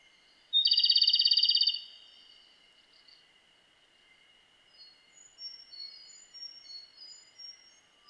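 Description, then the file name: Japanese robin song: a single loud, rapid rattling trill lasting about a second, then faint thin whistles over a steady high-pitched hum. Recorded on 23 June 2007 at 11:28. "komadori 20070623"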